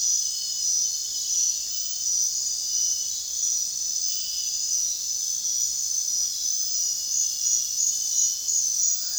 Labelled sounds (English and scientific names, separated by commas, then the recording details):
none
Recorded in dense forest near Puerto Asís, Putumayo, Colombia, on 22 June 2025 at 22:00
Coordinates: 0.466, -76.327
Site GP04